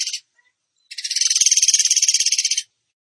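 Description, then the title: Bird giving the end of one trill, then a fast rattling trill lasting nearly two seconds, high and harsh, with silence after. Masteran song in the tembakan gacor style. "Masteran Burung Tembakan Gacor"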